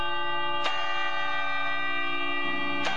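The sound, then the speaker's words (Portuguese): A clock ticks twice, about two seconds apart, each tick a sharp, crisp click over a steady, buzzing harmonic drone that hums throughout with no voices. “Então, subitamente, o relógio parou de tic-taquear.”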